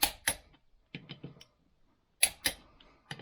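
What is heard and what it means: A click-type torque wrench set to 62 is used to re-torque the wheel bolts on a Kioti CK3510SE tractor during its 50-hour service, checking that the bolts click without turning. Sharp metallic clicks sound at 0.0, 0.3, 2.2 and 2.5 seconds, with fainter ticks and rattles between them and near the end. The wrench clicks at its setting on the bolts.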